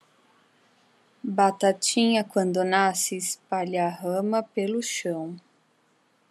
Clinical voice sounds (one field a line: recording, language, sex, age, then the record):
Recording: short text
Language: Brazilian Portuguese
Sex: female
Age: 40 to 49 years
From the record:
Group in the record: control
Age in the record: 40 years